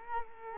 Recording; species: mosquito wingbeat signal from an infrared sensor; Culex quinquefasciatus